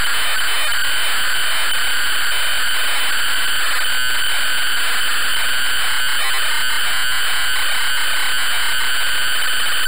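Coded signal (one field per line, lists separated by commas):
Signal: ZX Spectrum tape loading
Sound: continuous harsh rasping buzz with warbling tones and brief glitchy breaks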